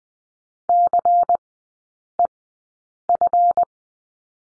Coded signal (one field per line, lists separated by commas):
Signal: Morse code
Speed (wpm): 20 wpm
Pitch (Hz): 700 Hz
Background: none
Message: CEF